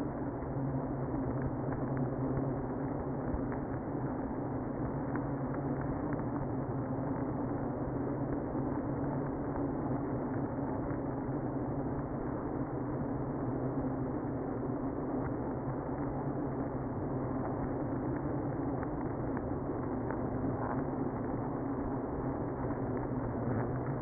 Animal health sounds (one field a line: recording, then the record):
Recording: honeybee colony, microphone inside the hive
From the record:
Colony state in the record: queenless (queen removed)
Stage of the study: after two queens were removed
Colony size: about 60,000 bees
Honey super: yes